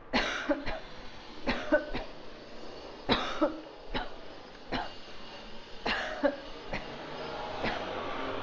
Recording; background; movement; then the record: voluntary coughing; traffic; walking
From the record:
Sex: female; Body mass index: 22.6 kg/m2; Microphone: on the chest, facing outward